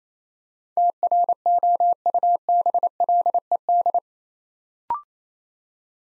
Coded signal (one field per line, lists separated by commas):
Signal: Morse code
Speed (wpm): 29 wpm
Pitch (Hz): 700 Hz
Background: none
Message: TROUBLED